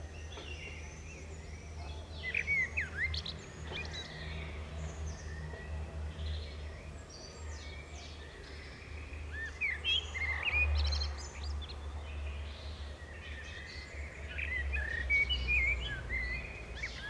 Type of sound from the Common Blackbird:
song